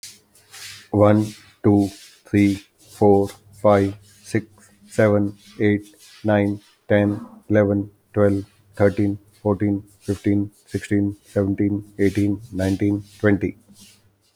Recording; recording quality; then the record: counting at a normal pace; excellent, no background noise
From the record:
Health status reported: healthy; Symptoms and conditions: none ticked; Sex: male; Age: 54 years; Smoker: not ticked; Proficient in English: yes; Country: India